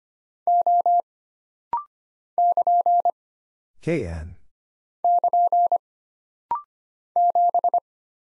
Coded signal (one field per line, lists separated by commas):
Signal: Morse code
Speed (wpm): 25 wpm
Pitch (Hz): 700 Hz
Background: none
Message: O <KN> <KN> 7